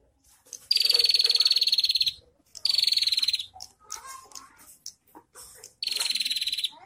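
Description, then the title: Prinia giving loud, rapid buzzy rattling trills, each about a second long, three bursts, the last after a longer pause, softer chattering notes in between. Local name prenjak kepala merah; recording intended for training songbirds (masteran). "Suara Prenjak Kepala Merah Untuk Masteran"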